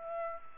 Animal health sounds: mosquito wingbeat signal from an infrared sensor; Aedes aegypti

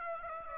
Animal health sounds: mosquito wingbeat signal from an infrared sensor; Aedes aegypti

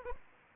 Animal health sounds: mosquito wingbeat signal from an infrared sensor; Anopheles arabiensis

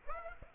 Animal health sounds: mosquito wingbeat signal from an infrared sensor; Aedes aegypti

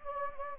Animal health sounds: mosquito wingbeat signal from an infrared sensor; Anopheles gambiae

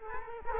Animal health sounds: mosquito wingbeat signal from an infrared sensor; Culex quinquefasciatus

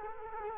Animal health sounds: mosquito wingbeat signal from an infrared sensor; Culex quinquefasciatus

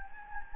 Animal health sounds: mosquito wingbeat signal from an infrared sensor; Anopheles gambiae

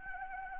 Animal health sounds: mosquito wingbeat signal from an infrared sensor; Anopheles arabiensis

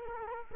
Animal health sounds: mosquito wingbeat signal from an infrared sensor; Culex quinquefasciatus

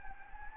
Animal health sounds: mosquito wingbeat signal from an infrared sensor; Anopheles gambiae

